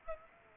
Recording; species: mosquito wingbeat signal from an infrared sensor; Aedes aegypti